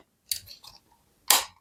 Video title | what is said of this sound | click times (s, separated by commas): How to use the World's Best Knife Sharpener! Master Class on The Ken Onion Worksharp | It shves down and it kind of clicks into place | 0.3 s